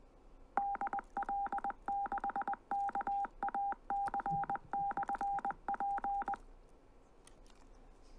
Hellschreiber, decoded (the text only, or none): none